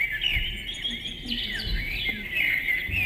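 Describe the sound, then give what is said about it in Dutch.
Continuous recorded birdsong played by a birdhouse with a sensor, triggered when someone walks past: bright, high chirps and trills overlapping steadily for a few seconds, with a faint low hum underneath and no voices. “Dat is een vogelhuisje met een sensor. Als je daar langs loopt, dan gaan de vogeltjes fluiten.”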